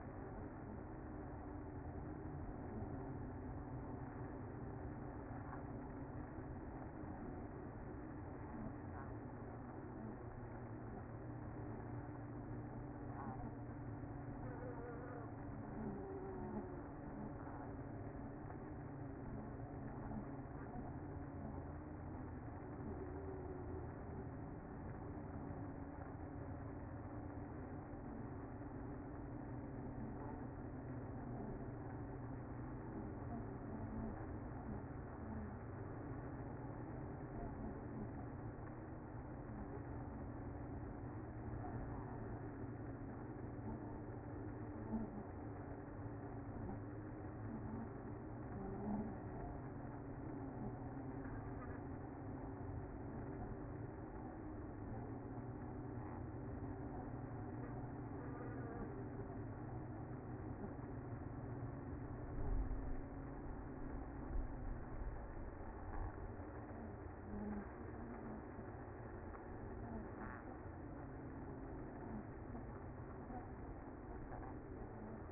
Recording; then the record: honeybee colony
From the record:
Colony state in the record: active